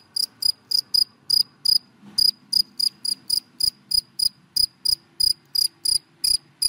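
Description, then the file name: Cricket song of quick high chirps, close to three each second, over a soft low rumble of background noise. Crickets calling, given by the Vietnamese names dế mèn, dế cơm and dế than. "Tieng de men de com de than keu"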